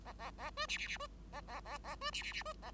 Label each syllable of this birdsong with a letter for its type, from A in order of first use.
A A A B C C C B A A A A B C C C B A